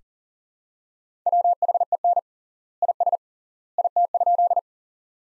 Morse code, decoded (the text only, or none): WHEN IS IT?